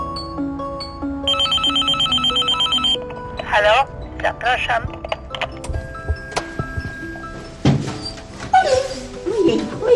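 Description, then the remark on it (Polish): A small dog whimpers in high, wavering whines that come in short bursts, following an electronic phone ringtone that trills rapidly for a couple of seconds. Voices speak intermittently. “Piesek pierwszy.”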